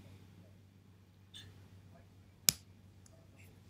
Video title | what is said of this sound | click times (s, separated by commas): Rock Band Wireless Fender Jaguar Guitar Sticking Button Fixed | and you heard that click in there and | 2.5 s